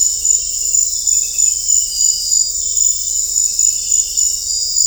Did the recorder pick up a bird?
no